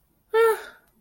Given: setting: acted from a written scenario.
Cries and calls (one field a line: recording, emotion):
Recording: vocal sound without words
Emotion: anger